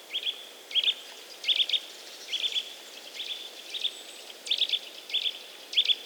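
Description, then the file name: Eurasian nuthatch calls, high short notes in clusters of two or three, repeated over steady background noise. "Sitta europaea"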